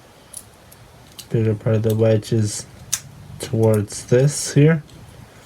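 A small plastic wedge-shaped part is lined up with the bigger side of the wedge facing the right way, ready to be pressed onto a model kit arm assembly, while someone talks. Light ticks and handling taps occur around 0.4, 0.7, 1.2 and 2.9 s. Nothing has seated or clicked yet.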